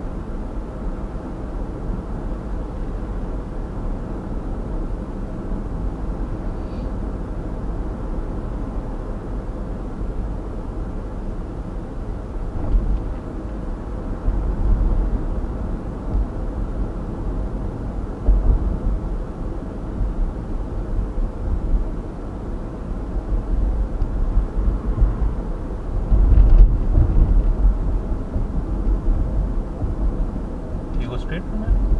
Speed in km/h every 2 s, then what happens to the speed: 49, 49, 48, 48, 48, 49, 48, 48, 49, 48, 49, 49, 48, 47, 46, 46.
0-32 steady at about 48.